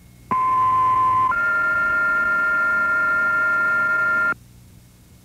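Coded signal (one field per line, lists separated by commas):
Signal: two-tone page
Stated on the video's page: Fire dispatch last-call tone out recording.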